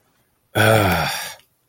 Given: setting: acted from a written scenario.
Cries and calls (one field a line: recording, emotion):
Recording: vocal sound without words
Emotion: contempt